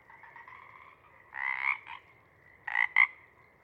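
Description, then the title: Pacific chorus frogs calling sparsely, a faint thin background trill broken by two brief bursts of overlapping croaks. Chorus at a pond in pre-morning twilight as night wanes; temperature torpor sets in and individuals leave to hunt; full chorus breaks into waves circling the pond, then staccato sections tapering away. "Chorus Frogs, Chorus Waxes and Wanes, pre-morning-twilight"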